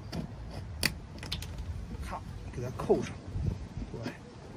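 A fold-out extension card-table section on a wall-mounted table in a Xingkong 520 RV being modified is flipped up into place, and its lock catch is pressed shut. Two sharp snaps at 0.9 s and 1.3 s mark the catch closing, and the table is latched. Someone talks before and after the snaps.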